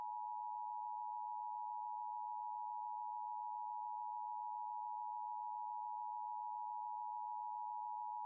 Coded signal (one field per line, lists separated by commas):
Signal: Emergency Alert System (SAME) tones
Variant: 853 and 960 Hz attention tone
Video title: LIVE AM/MW DX: DX Central Live - S. 4, Ep. 16 | Friday, April 26, 2024